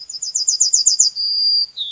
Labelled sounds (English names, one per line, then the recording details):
Yellowhammer song
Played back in forest
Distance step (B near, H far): B
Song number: 112